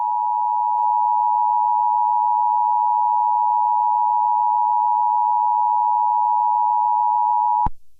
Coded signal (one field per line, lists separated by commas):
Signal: Emergency Alert System (SAME) tones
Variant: 853 and 960 Hz attention tone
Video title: EAS Scenario: Earth’s Last Stand (100 SUBSCRIBER SPECIAL!!!)